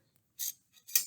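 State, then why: Seated. A ball and plunger are pushed into a spring projectile launcher, with a bright scraping slide around 0.4 to 0.5 s and a faint tick near 0.8 s. The plunger then catches at its second click position with a sharp metallic click at 1.0 s, leaving the launcher seated and ready to shoot.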